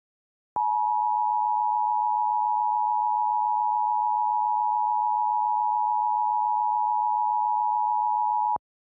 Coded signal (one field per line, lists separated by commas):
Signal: Emergency Alert System (SAME) tones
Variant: 853 and 960 Hz attention tone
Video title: Fractured - An EAS Scenario / Analog Horror